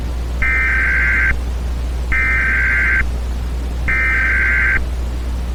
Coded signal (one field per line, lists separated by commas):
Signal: Emergency Alert System (SAME) tones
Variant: header bursts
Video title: The Thanksgiving Virus - EAS Scenario